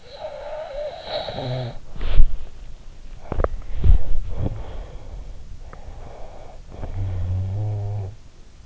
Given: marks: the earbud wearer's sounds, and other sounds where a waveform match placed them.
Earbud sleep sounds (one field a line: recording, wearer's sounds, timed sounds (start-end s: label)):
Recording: sounds in sleep by an in-ear microphone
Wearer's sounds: snoring breath, body movement, teeth grinding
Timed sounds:
0.00-1.89 s: snoring breath
1.96-2.50 s: body movement
3.26-3.59 s: teeth grinding
3.67-4.19 s: body movement
4.28-5.53 s: snoring breath
5.60-8.25 s: snoring breath